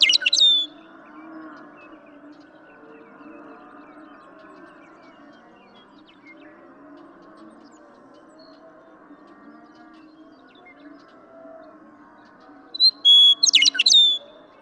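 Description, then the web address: Western meadowlark delivers two song phrases, one right at the start and another near the end, each a quick burst of bright tumbling whistles, with faint hum between. "birdsongforthecurious songs Western Meadowlark"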